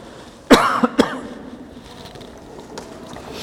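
An audience member gives two sharp, harsh coughs in quick succession, with a smaller catch between them, rising over a low, steady background hum before it settles back to quiet.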